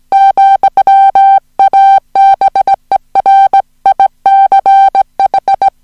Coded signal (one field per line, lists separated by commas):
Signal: Morse code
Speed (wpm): 18 wpm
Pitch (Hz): 780 Hz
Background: music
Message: ,ABER ICH